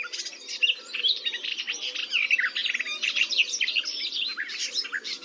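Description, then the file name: Garden warbler pouring out a dense, uninterrupted warbling song over a low, steady background hum. "GAJÓWKA"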